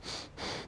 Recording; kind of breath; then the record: one breath in and out by a microphone near the nose and mouth; strong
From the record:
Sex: male